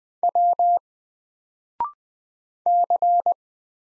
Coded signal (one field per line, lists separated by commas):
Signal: Morse code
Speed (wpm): 20 wpm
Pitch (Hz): 700 Hz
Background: none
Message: W C